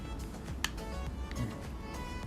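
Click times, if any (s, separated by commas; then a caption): 0.6 s. An action camera is closed into a plastic protective cage and the cage latch is pressed shut, with music playing underneath. A sharp click at 0.6 s marks the latch snapping closed, followed by a fainter tap at 1.3 s. The cage is now locked.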